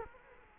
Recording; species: mosquito wingbeat signal from an infrared sensor; Culex quinquefasciatus